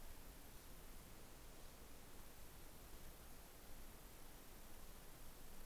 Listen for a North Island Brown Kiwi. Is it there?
no